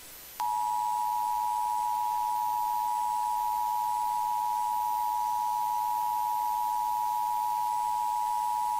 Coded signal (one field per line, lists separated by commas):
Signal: Emergency Alert System (SAME) tones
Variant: 853 and 960 Hz attention tone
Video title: TEXAS| Child Abduction Emergency (EAS #89)